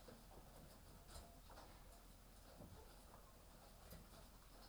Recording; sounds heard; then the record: poultry house recording; healthy chickens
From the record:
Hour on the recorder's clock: 18